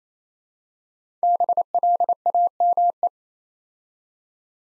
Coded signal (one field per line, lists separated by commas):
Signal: Morse code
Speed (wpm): 27 wpm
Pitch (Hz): 700 Hz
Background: none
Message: BLAME